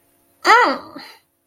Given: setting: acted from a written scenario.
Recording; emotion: vocal sound without words; disappointment